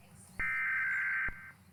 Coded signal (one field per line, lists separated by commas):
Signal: Emergency Alert System (SAME) tones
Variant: header bursts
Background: speech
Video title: Rating eas Alarms (Fianally)